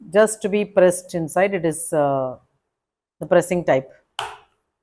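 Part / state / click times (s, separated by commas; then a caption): caster wheel into plastic trolley leg socket / seated / 4.2 s. A plastic caster wheel is pressed into the leg socket of a recycled-plastic trolley, a press-in type that locks. Someone talks, then after a pause a sharp click lands at 4.2 s as the wheel snaps into the leg and seats.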